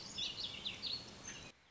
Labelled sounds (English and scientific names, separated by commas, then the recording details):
Warbling Vireo (Vireo gilvus)
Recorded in Sonoma County, California